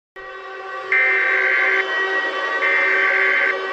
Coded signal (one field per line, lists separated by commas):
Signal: Emergency Alert System (SAME) tones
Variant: header bursts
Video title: EAS SCENARIO 28: Attack Of The Nightmare Critters